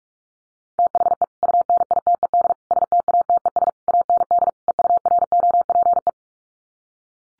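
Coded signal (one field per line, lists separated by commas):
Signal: Morse code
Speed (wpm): 44 wpm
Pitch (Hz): 700 Hz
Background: none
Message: THE UNITED STATES AND EUROPE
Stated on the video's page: Morse practice drill of common 5-word sets at 45 wpm, each sent twice around a spoken version, for head-copy.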